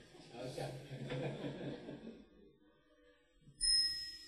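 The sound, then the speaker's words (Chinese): A single bright strike of a Buddhist hand bell (yinqing) rings out clearly during a Buddhist teaching, after a stretch of murmuring voices and chuckling, its high metallic tone sustaining and slowly fading. “那铃声嘛，哎，再敲一声吧，敲个引磬吧。”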